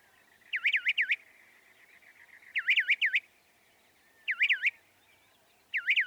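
Northern mockingbird song: bouncing, looping phrases repeated in several bursts.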